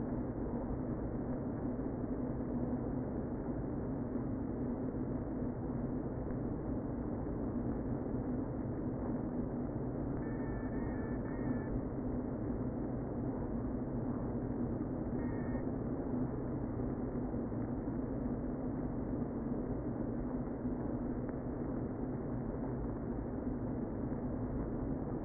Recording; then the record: honeybee colony, microphone inside the hive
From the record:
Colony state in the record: queen present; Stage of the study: before two queens were removed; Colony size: about 60,000 bees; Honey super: yes